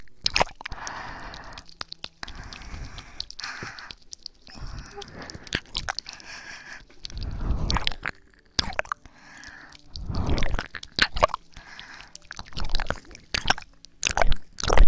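Ear licking and mouth sounds: wet, sticky smacks and squishes come in irregular bursts, some soft and muffled, others sharp clicks. Brief quiet gaps separate swelling clusters of licking, with louder, denser passages near the middle and toward the end.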